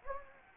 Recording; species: mosquito wingbeat signal from an infrared sensor; Anopheles gambiae